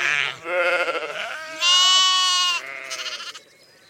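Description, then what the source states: Sheep bleating, several wavering, nasal bleats, one higher and louder than the rest. Sheep grazing on upland fell and moor in England, keeping the hills from turning back into woodland.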